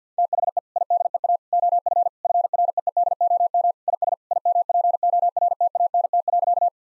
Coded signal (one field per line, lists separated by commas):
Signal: Morse code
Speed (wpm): 45 wpm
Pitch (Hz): 700 Hz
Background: none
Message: THE IDEA OF FREEDOM IS IMPORTANT.